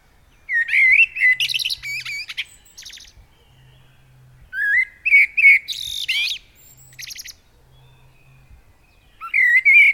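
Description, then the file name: Common blackbird song: fluted warbling phrases with high squeaky flourishes, repeated with quiet gaps of a few seconds; a faint low hum runs underneath. "Turdus merula"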